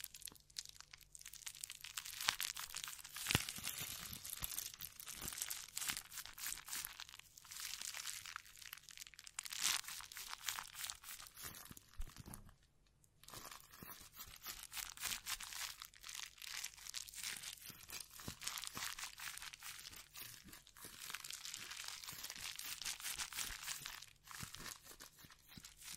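Hand sounds of scratching and brushing over a microphone, with a dense, bright, crinkly rustle running almost continuously. Sharp taps and clicks pop out irregularly throughout. The sound drops out briefly just before the halfway mark, then resumes just as busy.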